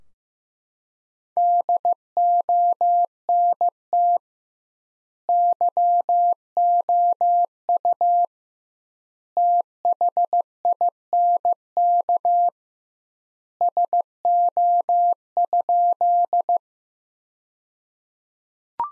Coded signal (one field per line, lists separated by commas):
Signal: Morse code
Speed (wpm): 15 wpm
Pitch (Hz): 700 Hz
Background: none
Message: DONT YOU THINK SO?